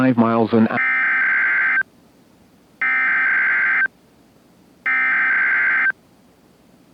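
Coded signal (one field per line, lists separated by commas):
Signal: Emergency Alert System (SAME) tones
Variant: header bursts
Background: speech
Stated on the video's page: Required weekly test on a NOAA weather radio transmitter.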